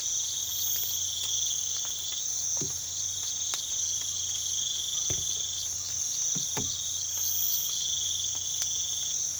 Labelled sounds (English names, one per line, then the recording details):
none
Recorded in pastures near Puerto Asís, Putumayo, Colombia, on 8 March 2025 at 05:30
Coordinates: 0.487, -76.322
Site G077